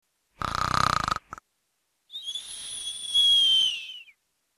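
A short rattling, buzzing snore on the breath in, followed by a long high whistle on the breath out: the classic cartoon-style snore. A single snore cycle, as a sound effect.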